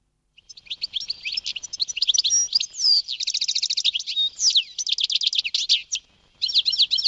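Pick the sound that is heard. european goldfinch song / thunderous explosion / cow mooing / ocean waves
european goldfinch song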